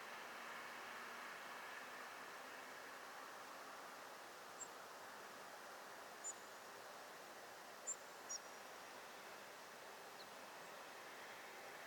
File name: Erithacus rubecula